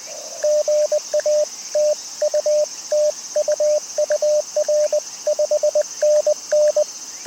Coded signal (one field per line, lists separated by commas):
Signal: Morse code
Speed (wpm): 20 wpm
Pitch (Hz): 600 Hz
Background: radio noise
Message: GA TU TU UR 5NN